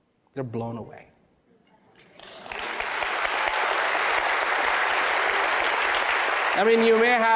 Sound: applause